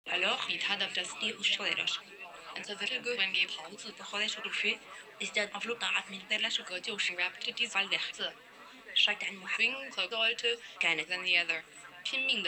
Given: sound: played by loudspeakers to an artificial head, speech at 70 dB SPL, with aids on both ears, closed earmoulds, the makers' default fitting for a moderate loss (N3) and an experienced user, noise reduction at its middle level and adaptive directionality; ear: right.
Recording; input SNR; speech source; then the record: speech test signal (ISTS) in cocktail-party noise; +6 dB; in front (0 degrees)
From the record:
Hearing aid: class 1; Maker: I